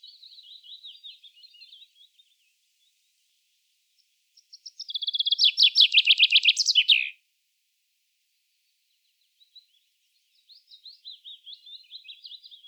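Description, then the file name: Common chaffinch: a faint trilled phrase, then a loud cascading song ending in a flourish, then another soft trilled phrase. "Fringilla coelebs"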